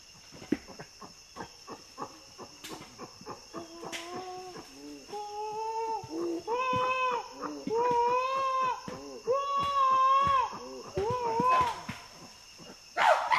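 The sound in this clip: Common chimpanzee hooting: a run of quick low breathy pants and clicks gives way to louder tonal hoots that rise in pitch and loudness, ending with a harsh burst.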